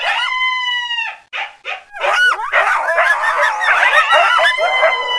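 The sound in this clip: Fox calls: a long steady whine opens, then breaks into a busy jumble of overlapping yips and squeals.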